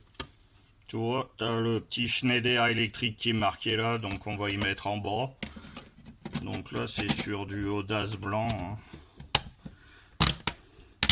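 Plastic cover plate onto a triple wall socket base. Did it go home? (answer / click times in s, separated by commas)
yes / 9.4 s, 10.2 s, 10.5 s, 11.0 s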